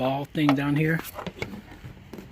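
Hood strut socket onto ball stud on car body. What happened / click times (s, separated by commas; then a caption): The socket is being handled near the ball stud but has not snapped home yet / none. During a carbon fiber A49-3KR heat extractor hood install on a Mustang GT500, a hood strut socket is handled and pressed toward a small ball stud on the car body while someone talks. Short, sharp taps are heard around 1.4 s and 2.1 s over low handling noise. Nothing has seated or clicked yet.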